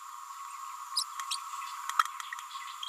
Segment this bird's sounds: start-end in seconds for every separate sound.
0.95-1.03, 1.30-1.37